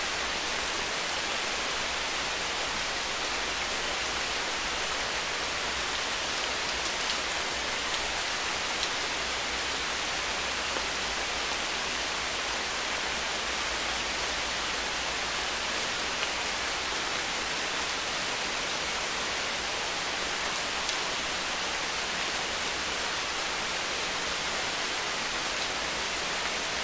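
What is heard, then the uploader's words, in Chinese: Steady spring rain falls in a small wood, a dense, even hiss that holds unchanged for the whole stretch. The sound sits mostly in the bright, airy range, with faint scattered drip ticks now and then and a thin low hum underneath. 春雨绵绵 小树林的雨。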